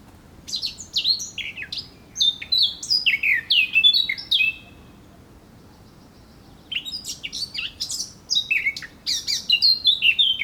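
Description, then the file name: Eurasian blackcap song: two bursts of fast, varied warbling with rich falling whistles, separated by a silence of about two seconds. "Sylvia atricapilla"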